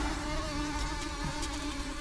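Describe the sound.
Mosquitoes buzzing, a steady droning whine with layered tones holding level throughout, no other clear sounds.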